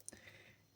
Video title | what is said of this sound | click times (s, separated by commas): Montagem da fresadora Manrod MR199 (ZX7016) | Aí você pode ver que ela já encaixou, travou no lugar. | 0.1 s